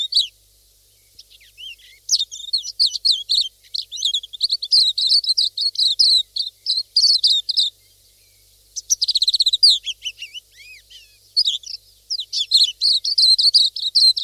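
Pleci silvereye calls, long rapid chattering strings of high thin notes broken by brief gaps.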